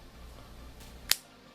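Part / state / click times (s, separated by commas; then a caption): magnetic charging plug into laptop charging port / seated / 1.1 s. A genuine magnetic charging plug is attached to a laptop's charging port again. It gives a sharp, bright click at 1.1 s over a quiet background, and it snaps into place, unlike a fake plug that just falls into place. No one talks.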